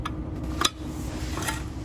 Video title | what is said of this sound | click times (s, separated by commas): CHANGING A WHEEL SEAL ON A TRACTOR TRAILER #semitruck #whowillbemylifepartnerta #mechaniclife #truck | and you're gonna hear them snap in place. | 0.1 s, 0.6 s